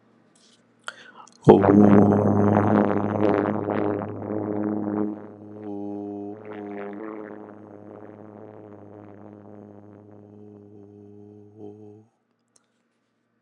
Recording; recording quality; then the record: sustained vowel as in boot; excellent, no background noise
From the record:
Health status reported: healthy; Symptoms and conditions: diabetes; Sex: male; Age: 42 years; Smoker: not ticked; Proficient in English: yes